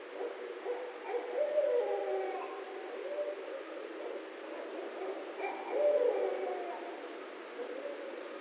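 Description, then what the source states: Barred owl hoots, softer and set against a steady hiss, in two phrases. Recorded 16 March 2011.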